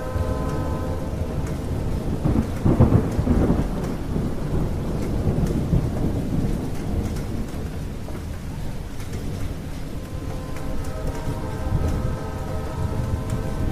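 Thunderstorm sounds with steady rain pattering on a roof over a low, continuous rumble. A deeper roll of thunder swells around the third second, then eases. Faint steady tones at the start and end suggest a train passing, alongside scattered rain ticks.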